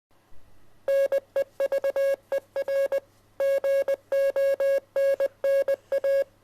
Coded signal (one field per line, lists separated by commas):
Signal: Morse code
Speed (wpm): 20 wpm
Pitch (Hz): 550 Hz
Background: none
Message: NEVER GONNA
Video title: Can you decode this morse code message?